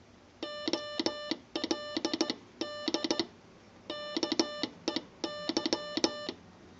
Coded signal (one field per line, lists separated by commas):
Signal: Morse code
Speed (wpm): 16 wpm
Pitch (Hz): 590 Hz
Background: music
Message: OLD KEY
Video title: Telegraph Key With Marble Base